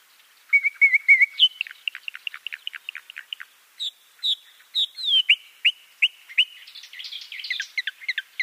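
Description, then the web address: Eastern Orphean Warbler singing a long, varied phrase: a wavering whistled trill, rapid ticks, repeated falling slurred notes, then a busy scratchy warble. "Schulze Peter Eastern Orphean Warbler"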